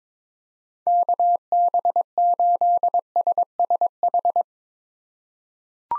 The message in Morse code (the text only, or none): KB8SSH